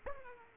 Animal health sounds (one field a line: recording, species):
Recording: mosquito wingbeat signal from an infrared sensor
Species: Aedes aegypti